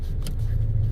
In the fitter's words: that one didn't click that great but it did click